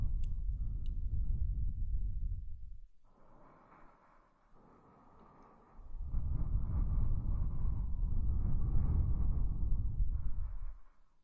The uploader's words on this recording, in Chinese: 舒缓吹气，睡眠呼吸。这就是一个再正常不过的呼吸、吹气声。